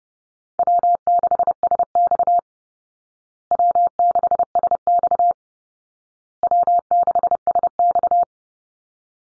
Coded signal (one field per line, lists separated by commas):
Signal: Morse code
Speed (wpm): 30 wpm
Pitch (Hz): 700 Hz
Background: none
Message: W6SX W6SX W6SX